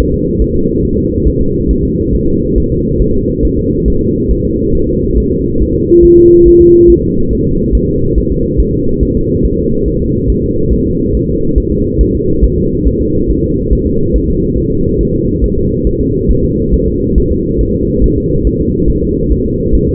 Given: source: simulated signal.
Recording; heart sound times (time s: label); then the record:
fetal heart sounds
0.00 s: S1
0.14 s: S2
0.42 s: S1
0.56 s: S2
0.85 s: S1
0.99 s: S2
1.28 s: S1
1.42 s: S2
1.71 s: S1
1.85 s: S2
2.15 s: S1
2.28 s: S2
2.58 s: S1
2.72 s: S2
3.02 s: S1
3.16 s: S2
3.45 s: S1
3.59 s: S2
3.88 s: S1
4.02 s: S2
4.31 s: S1
4.45 s: S2
4.75 s: S1
4.89 s: S2
5.18 s: S1
5.32 s: S2
5.62 s: S1
5.76 s: S2
6.05 s: S1
6.19 s: S2
6.48 s: S1
6.62 s: S2
6.90 s: S1
7.04 s: S2
7.33 s: S1
7.47 s: S2
7.75 s: S1
7.89 s: S2
8.18 s: S1
8.32 s: S2
8.60 s: S1
8.74 s: S2
9.03 s: S1
9.17 s: S2
9.46 s: S1
9.59 s: S2
9.88 s: S1
10.02 s: S2
10.30 s: S1
10.44 s: S2
10.73 s: S1
10.87 s: S2
11.15 s: S1
11.29 s: S2
11.58 s: S1
11.72 s: S2
12.01 s: S1
12.15 s: S2
12.45 s: S1
12.58 s: S2
12.88 s: S1
13.01 s: S2
13.31 s: S1
13.44 s: S2
13.73 s: S1
13.87 s: S2
14.16 s: S1
14.30 s: S2
14.58 s: S1
14.72 s: S2
15.01 s: S1
15.15 s: S2
15.44 s: S1
15.58 s: S2
15.87 s: S1
16.01 s: S2
16.31 s: S1
16.45 s: S2
16.74 s: S1
16.88 s: S2
17.18 s: S1
17.32 s: S2
17.61 s: S1
17.75 s: S2
18.04 s: S1
18.18 s: S2
18.47 s: S1
18.61 s: S2
18.90 s: S1
19.04 s: S2
19.32 s: S1
19.46 s: S2
19.75 s: S1
19.89 s: S2
From the record:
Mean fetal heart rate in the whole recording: 140 bpm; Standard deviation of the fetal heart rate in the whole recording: 2 bpm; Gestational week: 34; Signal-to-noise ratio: -15.3 dB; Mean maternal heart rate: 72 bpm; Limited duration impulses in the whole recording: present